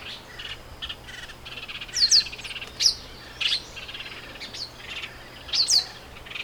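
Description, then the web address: Pale baywing giving high, sharp chirps that sweep steeply downward, a few notes scattered among softer background twittering and faint hiss. "sound Pale-baywing. صدای-پرنده-بال-کهر-کم-رنگ"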